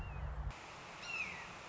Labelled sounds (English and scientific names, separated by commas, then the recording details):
Red-shouldered Hawk (Buteo lineatus)
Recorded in Sonoma County, California